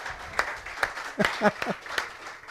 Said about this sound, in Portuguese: vamos dar uma salva de palmas para Jesus?